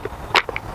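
Two small release tabs on a Saker cordless grass shear are squeezed, and the plastic blade head is pulled off the handle. A sharp, bright click of the head unlatching comes at 0.4 s, with a few faint ticks around it. The shear head comes free of the handle.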